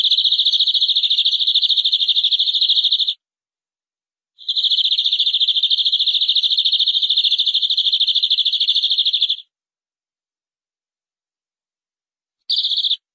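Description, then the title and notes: Canary song made of long, steady trills of fast high pulses. Two extended runs are split by a pause, and a short final burst follows. "BM Suara Kenari. BM Suara Burung Kenari"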